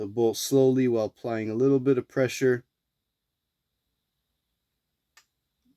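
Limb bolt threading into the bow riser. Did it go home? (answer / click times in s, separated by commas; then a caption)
yes / 5.2 s. Someone talks for about the first 2.6 seconds while turning a recurve bow's limb bolt backwards by hand under light pressure. After a stretch of quiet, a faint, sharp click at 5.2 seconds marks the bolt dropping into the thread start in the riser, showing the threads have lined up and the bolt is seated.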